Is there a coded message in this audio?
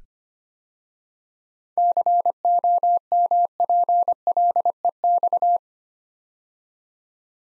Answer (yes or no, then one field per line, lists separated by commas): yes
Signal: Morse code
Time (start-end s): 1.8-5.6 s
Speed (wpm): 25 wpm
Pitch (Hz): 700 Hz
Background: none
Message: COMPLEX